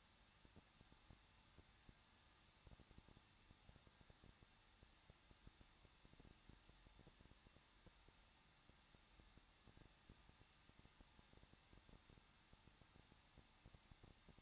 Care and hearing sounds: daily activity, microphone in the room; no activity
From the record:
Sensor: 3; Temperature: 21.2 degrees Celsius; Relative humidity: 36.2%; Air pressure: 1006.4 hPa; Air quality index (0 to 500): 221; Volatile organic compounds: 40 ppm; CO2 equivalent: 3146 ppm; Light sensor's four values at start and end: 2/3/2/2 and 2/3/2/2

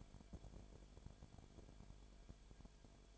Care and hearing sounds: daily activity, microphone in the room; no activity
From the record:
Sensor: 5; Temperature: 19.8 degrees Celsius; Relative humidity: 33.3%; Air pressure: 1001.4 hPa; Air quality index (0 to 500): 32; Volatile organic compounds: 1 ppm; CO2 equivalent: 525 ppm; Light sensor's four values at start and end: 2/3/1/1 and 2/3/1/1

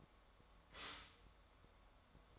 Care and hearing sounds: daily activity, microphone in the room; stop toaster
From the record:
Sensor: 3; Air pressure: 1014.7 hPa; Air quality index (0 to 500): 198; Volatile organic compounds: 25 ppm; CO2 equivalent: 2839 ppm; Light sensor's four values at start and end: 4/10/4/4 and 4/10/4/4

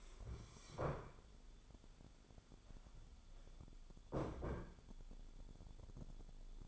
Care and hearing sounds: daily activity, microphone in the room; stand up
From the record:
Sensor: 5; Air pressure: 1015.4 hPa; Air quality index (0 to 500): 193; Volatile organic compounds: 8 ppm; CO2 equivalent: 2095 ppm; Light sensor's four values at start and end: 35/80/32/31 and 35/80/32/31

